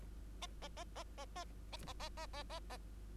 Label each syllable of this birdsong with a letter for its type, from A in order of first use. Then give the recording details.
A A A A A A A A A A A A A. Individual Bird2